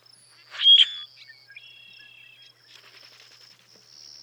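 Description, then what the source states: Common Grackle giving one loud, harsh chack near the start, followed by thin squeaky whistled notes. Bronzed subspecies (versicolor).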